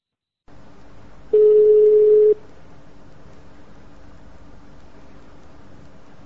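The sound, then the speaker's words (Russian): Over a faint hiss of line noise, after the other person hangs up the phone, a single steady telephone tone sounds for about a second, loud and mid-pitched, then cuts off, leaving only the hollow crackle of an open phone line. “тоже вы трубочку кидаете?”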